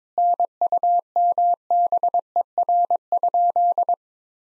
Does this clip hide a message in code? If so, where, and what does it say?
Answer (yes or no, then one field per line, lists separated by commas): yes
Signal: Morse code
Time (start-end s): 0.2-3.9 s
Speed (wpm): 22 wpm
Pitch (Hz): 700 Hz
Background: none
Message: NUMBER?